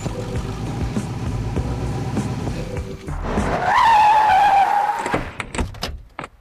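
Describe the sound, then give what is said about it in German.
A Cadillac's low engine rumbles steadily, then tires let out a loud, sustained high squeal as the car skids for over a second before it cuts off, followed by a few sharp knocks. “Hier ist mein Wagen. Ein Cadillac.”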